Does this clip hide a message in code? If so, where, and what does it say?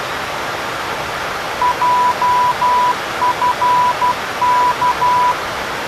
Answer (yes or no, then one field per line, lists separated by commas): yes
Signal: Morse code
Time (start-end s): 1.6-5.3 s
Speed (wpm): 12 wpm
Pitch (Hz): 990 Hz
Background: none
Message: JFK